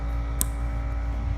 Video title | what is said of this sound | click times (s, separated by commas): Network Wiring Part 2 | Make sure it clicks, so that this can just hang off to the side. | 0.4 s